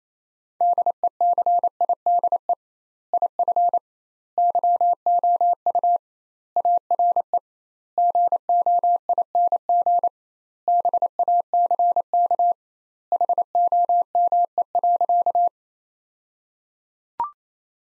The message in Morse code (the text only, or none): DECIDE IF YOU ARE GOING BACK HOME.